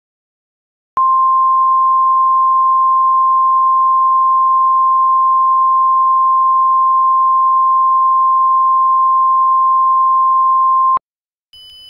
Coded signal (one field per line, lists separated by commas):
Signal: Emergency Alert System (SAME) tones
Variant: 1050 Hz attention tone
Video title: EAS Scenario - Friday Night: Crystal Lake Slaughter